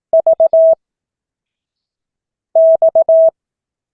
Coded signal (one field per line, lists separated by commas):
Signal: Morse code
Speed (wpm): 18 wpm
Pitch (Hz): 650 Hz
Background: none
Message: V X